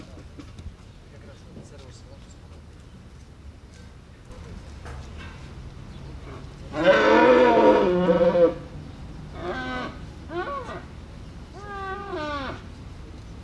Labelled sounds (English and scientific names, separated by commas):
Wapiti (Cervus canadensis) rut call